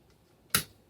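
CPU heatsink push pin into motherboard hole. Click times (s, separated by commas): 0.5 s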